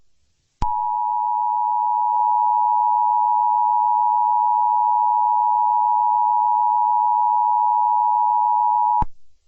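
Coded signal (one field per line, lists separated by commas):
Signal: Emergency Alert System (SAME) tones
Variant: 853 and 960 Hz attention tone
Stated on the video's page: Fictional Emergency Alert System scenario, an April Fools special made with text-to-speech, Bandicam recording and audio capture software.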